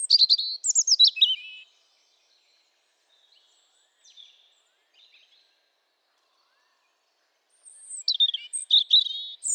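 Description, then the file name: European robin song: a burst of high, thin warbling notes and trills, then a quiet pause of several seconds, then another sweet, rapid phrase. "Erithacus rubecula"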